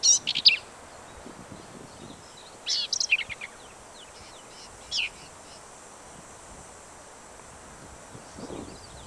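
Black-capped vireo singing a few scattered, sharp high phrases with long quiet pauses between them; soft background noise throughout.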